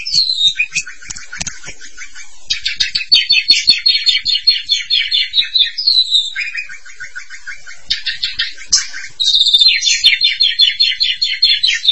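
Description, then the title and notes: Starling song mixing rapid rattling trills and chattering notes with sliding high whistles, varied and continuous. "suara burung jalak"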